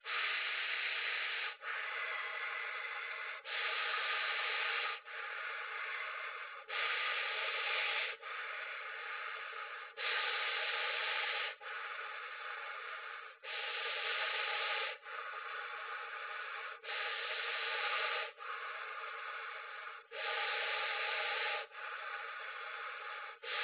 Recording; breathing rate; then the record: paced breathing near a phone; 18 breaths a minute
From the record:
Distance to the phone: 20 cm